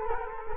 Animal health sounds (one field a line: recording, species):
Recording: mosquito wingbeat signal from an infrared sensor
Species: Culex quinquefasciatus